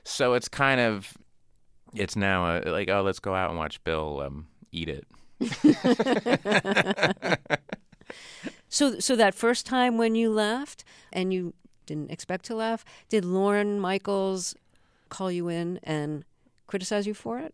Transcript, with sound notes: So it's kind of - it's now like, oh, let's go out and watch Bill eat it.
(LAUGHTER)
So that first time when you laughed, and you didn't expect to laugh, did Lorne Michaels call you in and criticize you for it?